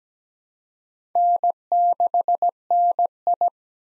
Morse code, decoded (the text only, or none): N6NI